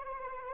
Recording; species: mosquito wingbeat signal from an infrared sensor; Anopheles arabiensis